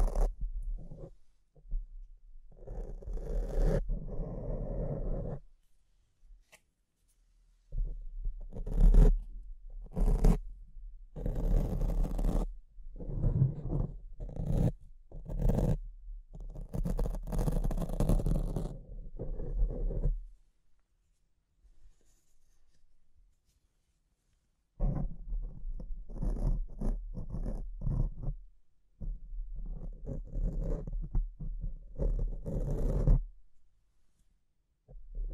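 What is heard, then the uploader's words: Mic scratching in dense, irregular bursts of scraping and rubbing, with a deep rumble, a near-silent gap around 20–25 seconds, then more scratching. ASMR Brain Melting Mic Scratching (No Talking).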